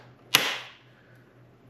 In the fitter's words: till it clicks